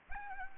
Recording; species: mosquito wingbeat signal from an infrared sensor; Anopheles gambiae